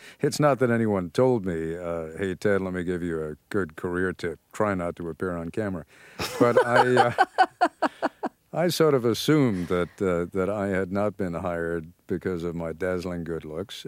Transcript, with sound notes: It's not that anyone told me, Hey, Ted, let me give you a good career tip, try not to appear on camera.
(laughs)
But I sort of assumed that I had not been hired because of my dazzling good looks.